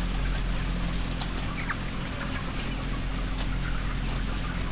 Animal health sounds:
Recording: poultry house recording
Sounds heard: healthy chickens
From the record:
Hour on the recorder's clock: 12

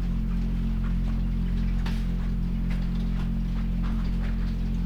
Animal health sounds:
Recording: poultry house recording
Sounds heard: sick chickens (respiratory disease)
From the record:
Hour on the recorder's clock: 21

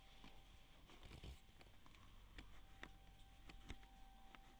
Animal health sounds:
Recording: poultry house recording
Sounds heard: no chicken sound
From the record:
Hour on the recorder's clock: 23

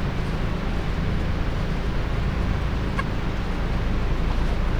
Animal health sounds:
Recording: poultry house recording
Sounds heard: healthy chickens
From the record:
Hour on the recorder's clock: 19

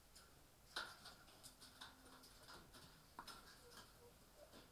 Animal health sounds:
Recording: poultry house recording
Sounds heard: healthy chickens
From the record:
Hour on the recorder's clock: 18

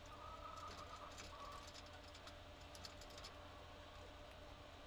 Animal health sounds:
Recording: poultry house recording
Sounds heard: healthy chickens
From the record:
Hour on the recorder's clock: 4

